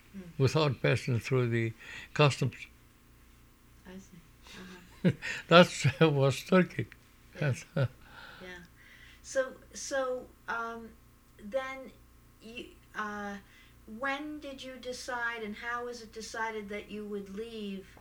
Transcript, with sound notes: without passing through the customs.
I see.
That's ( he laughs ) it was Turkey.
Yeah. So, um, then, uh, when did you decide, and how was it decided that you would leave?